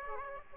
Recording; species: mosquito wingbeat signal from an infrared sensor; Aedes aegypti